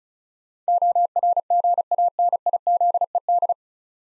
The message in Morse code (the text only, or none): ORGANIZED